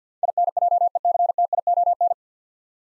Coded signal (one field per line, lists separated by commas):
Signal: Morse code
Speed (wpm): 52 wpm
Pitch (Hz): 700 Hz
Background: none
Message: INJECTION